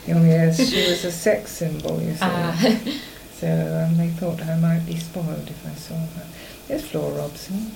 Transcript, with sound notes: Oh yes. She was a sex symbol, you see.
Ah! [laughs]
So they thought I might be spoiled if I saw her. There's Flora Robson.